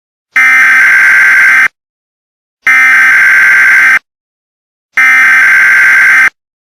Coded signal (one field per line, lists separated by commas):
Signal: Emergency Alert System (SAME) tones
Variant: header bursts